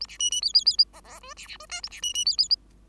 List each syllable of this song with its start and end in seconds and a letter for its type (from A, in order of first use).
0.00-0.06 A, 0.08-0.18 B, 0.19-0.30 C, 0.30-0.41 C, 0.42-0.53 D, 0.54-0.64 D, 0.65-0.77 D, 0.93-1.00 E, 1.04-1.20 E, 1.21-1.34 F, 1.36-1.47 B, 1.47-1.57 B, 1.59-1.66 F, 1.69-1.81 G, 1.83-1.89 A, 1.90-2.01 B, 2.02-2.13 C, 2.14-2.25 C, 2.25-2.37 D, 2.38-2.48 D